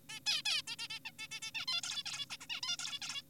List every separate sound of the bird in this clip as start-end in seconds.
0.10-0.20, 0.26-0.42, 0.46-0.62, 0.68-0.76, 0.79-0.87, 0.90-0.99, 1.05-1.11, 1.19-1.28, 1.31-1.40, 1.42-1.51, 1.55-1.66, 1.68-1.81, 1.83-2.03, 2.06-2.25, 2.30-2.37, 2.41-2.47, 2.50-2.61, 2.63-2.77, 2.79-2.99, 3.02-3.22